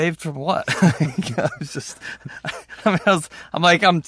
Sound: laughter

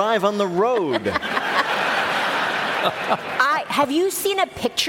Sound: laughter

